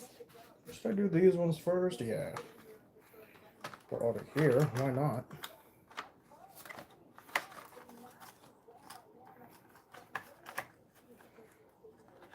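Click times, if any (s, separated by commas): none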